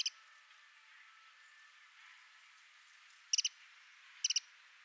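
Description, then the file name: Eurasian wren giving short bursts of two or three hard high ticks, one at the start and two more later, separated by quiet hiss. "Troglodytes troglodytes"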